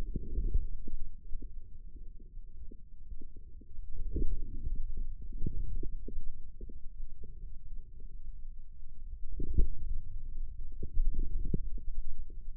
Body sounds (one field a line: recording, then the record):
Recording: forearm muscle sounds (acoustic myography)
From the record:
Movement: inward rotation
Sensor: system 2, bracelet of six BSWA MPA416 microphones around the upper forearm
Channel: 1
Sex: male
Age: 22 years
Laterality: right